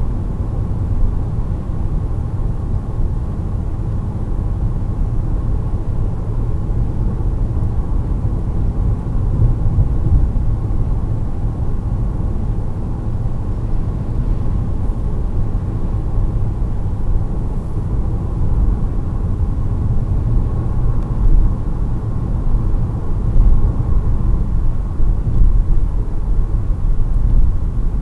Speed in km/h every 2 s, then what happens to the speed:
122, 118, 118, 119, 119, 120, 121, 122, 120, 118, 116, 114, 112, 110.
0-14 steady at about 119. 14-28 slows to 110.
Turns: none.